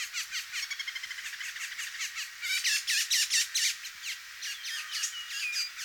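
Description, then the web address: Northern mockingbird song: rapid repeated chattering notes, then louder varied phrases of bright, scratchy syllables, each repeated several times in quick succession. "sound Northern-mockingbird. صدای-پرنده-مرغ-تقلیدگر-شمالی"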